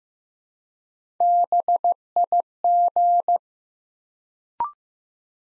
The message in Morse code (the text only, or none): BIG